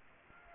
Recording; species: mosquito wingbeat signal from an infrared sensor; Aedes aegypti